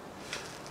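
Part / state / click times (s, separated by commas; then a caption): circlip into driveshaft yoke groove / seated / 0.7 s. A retaining circlip is pressed into the groove of a universal joint cross bearing cup in the yoke of the steel rear driveshaft of a 2005 Chevrolet Niva 4x4 during cross replacement. A short sharp sound comes at 0.3 s, then the clip seats into its groove with a click at 0.7 s.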